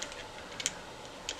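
A hinged plastic cab section of a Transformers Studio Series 86 Constructicon Devastator toy is folded up over the toy's roof and clicks very tightly into place, with a sharp, bright click at 0.7 s. Quieter plastic ticks and handling clicks come before and after it, at about 0.0 s, 0.6 s, 1.3 s and 1.4 s. The cap section is seated on the vehicle roof.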